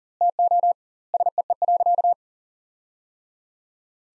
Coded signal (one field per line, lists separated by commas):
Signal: Morse code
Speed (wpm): 40 wpm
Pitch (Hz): 700 Hz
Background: none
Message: TO SEE.